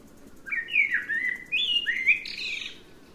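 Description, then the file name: Eurasian blackbird song: one long fluty, warbling phrase of mellow whistles that dip and rise, ending in a higher, thinner twitter. "Turdus merula"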